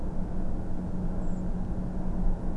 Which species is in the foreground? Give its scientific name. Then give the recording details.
Turdus merula. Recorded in Germany. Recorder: ecoPi